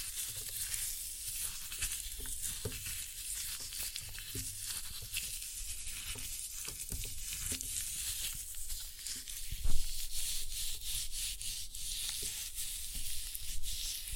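Floral foam covered in glitter is crushed in a steady run of dense, fine crackling and crunching that barely lets up for the whole stretch. Short sharper crunches break through now and then, with a heavier, louder squeeze just before the ten-second mark.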